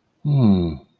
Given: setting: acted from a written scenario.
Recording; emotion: vocal sound without words; contentment